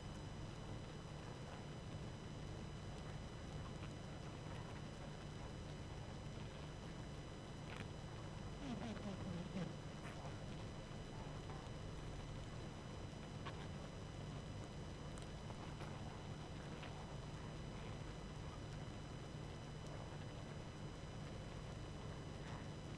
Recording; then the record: honeybee colony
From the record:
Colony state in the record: active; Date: 12 June 2018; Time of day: 21:15